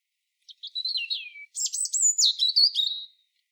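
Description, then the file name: European robin song: a quick tumbling phrase of thin, high whistles and trills, dipping and then leaping higher before fading out. "Erithacus rubecula"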